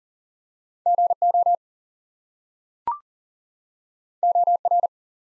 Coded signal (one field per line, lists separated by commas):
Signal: Morse code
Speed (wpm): 39 wpm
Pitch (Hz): 700 Hz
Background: none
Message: GO OR